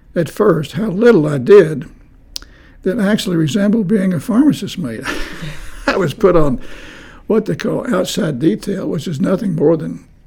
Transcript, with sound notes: at first how little I did that actually resembled being a pharmacist mate. [Chuckling] I was put on, what they call outside detail, which is nothing more than